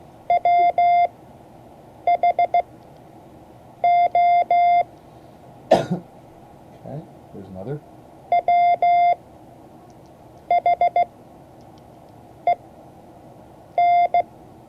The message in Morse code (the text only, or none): WHOE WHEN